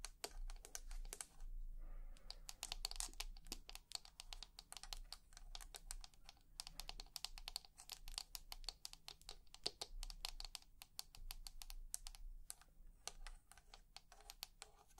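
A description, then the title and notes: Rapid, irregular lens tapping forms a dense stream of sharp, bright clicks, with a brief pause near two seconds over a low steady hum. ASMR Personal Attention For Sleep face brushing, face touching, lens tapping + more.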